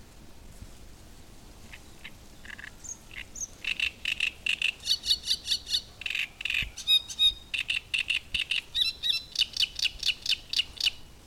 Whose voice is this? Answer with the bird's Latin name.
Acrocephalus arundinaceus